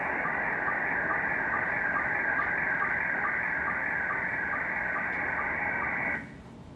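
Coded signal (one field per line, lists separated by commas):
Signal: SSTV (slow-scan television)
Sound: warbling, chirpy tone sweeping in the upper midrange with regular short clicks, then stops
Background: radio static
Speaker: there's slow scan TV, which will sound like this.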